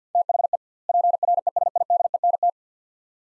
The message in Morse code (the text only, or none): THE PRESIDENT